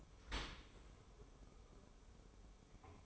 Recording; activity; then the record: daily activity, microphone in the room; open dishwasher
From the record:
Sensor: 1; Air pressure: 1015.0 hPa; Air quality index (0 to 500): 26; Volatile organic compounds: 1 ppm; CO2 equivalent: 506 ppm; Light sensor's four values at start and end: 13/30/12/14 and 13/30/13/14